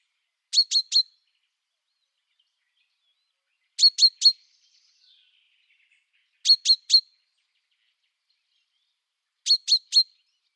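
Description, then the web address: Common chaffinch calling, bright high chips delivered in tight triplets, the groups spaced roughly every three seconds against a silent background. "Deverinetal"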